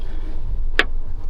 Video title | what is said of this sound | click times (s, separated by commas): Jabsco heads Overhaul | so just turn it around until it clicks like that, and then you know it's entering into the existing thread that was cut the first time it was assembled. | 0.8 s